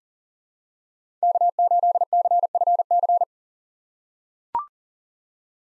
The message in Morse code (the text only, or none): K8CFC